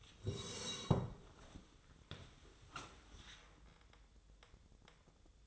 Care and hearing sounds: daily activity, microphone in the room; sit down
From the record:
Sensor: 3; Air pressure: 1005.4 hPa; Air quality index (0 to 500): 96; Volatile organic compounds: 3 ppm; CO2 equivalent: 1496 ppm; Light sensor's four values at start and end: 9/20/8/8 and 10/22/9/9

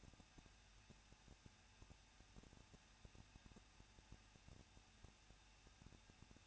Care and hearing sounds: daily activity, microphone in the room; no activity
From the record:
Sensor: 2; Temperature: 21.0 degrees Celsius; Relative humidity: 37.4%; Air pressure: 1006.2 hPa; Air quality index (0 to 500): 221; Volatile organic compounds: 24 ppm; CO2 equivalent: 2800 ppm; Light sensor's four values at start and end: 2/3/2/2 and 2/3/2/2

